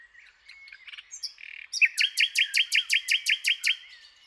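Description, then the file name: Common nightingale song: soft scratchy notes, then a loud rhythmic series of about a dozen repeated chuckling notes. "Luscinia megarhynchos"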